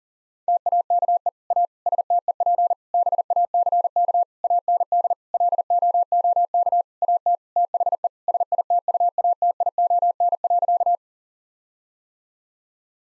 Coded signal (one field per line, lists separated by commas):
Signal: Morse code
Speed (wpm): 40 wpm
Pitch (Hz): 700 Hz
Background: none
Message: TAKE A STEP BACK AND LOOK AT THE SITUATION.